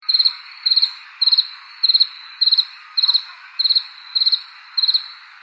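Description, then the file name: Cricket, high, bright chirps of three or four rapid pulses each, repeated steadily a little under twice a second throughout, with faint hiss between. "criquet"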